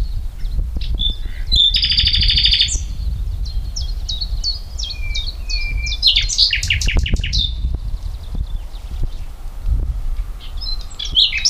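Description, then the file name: Common nightingale singing over steady low rumbling background noise: a buzzy rattling phrase, repeated short chips, a pair of clear whistles and a burst of loud pulses. "Luscinia megarhynchos"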